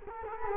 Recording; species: mosquito wingbeat signal from an infrared sensor; Culex quinquefasciatus